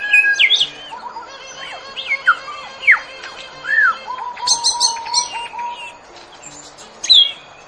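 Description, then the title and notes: A bird singing sweet whistled notes, a run of falling slurs and short upswept phrases, then a high chattering burst and a final bright whistle. Ringtone of a bird with a melodious voice. "Burung Dengan Suara Merdu"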